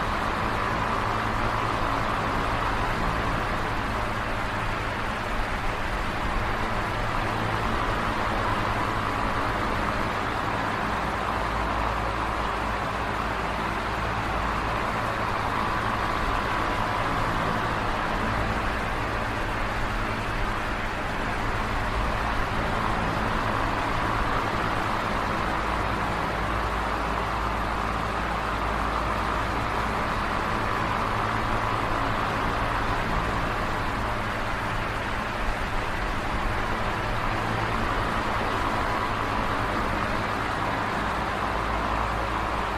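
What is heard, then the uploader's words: A fan runs at a constant level for the whole clip, giving a dense, even rush of air noise with a low motor hum underneath. The sound stays unchanging, with no separate events or background sounds standing out. Oscillating fan sounds. Fan white noise.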